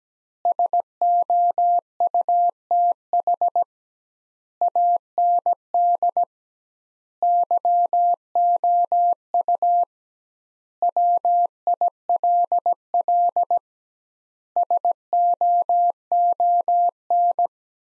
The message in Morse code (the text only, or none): SOUTH AND YOU WILL SOON